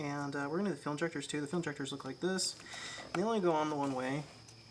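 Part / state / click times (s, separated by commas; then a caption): wiring harness connector onto fuel injector / not seated / none. Someone talks while handling a wiring harness connector for a fuel injector on a rebuilt Ford 5.4L 3V engine. The connector, which only goes on one way, is about to be pushed onto the injector, and a faint short sound is heard near 4.5 s. Nothing has seated or clicked yet.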